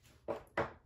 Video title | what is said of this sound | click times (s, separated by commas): How to Convert your printer to a sublimation Printer | like my terminology there and you're just going to remove one by one so there's a little click thing | 0.6 s